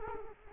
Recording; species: mosquito wingbeat signal from an infrared sensor; Culex quinquefasciatus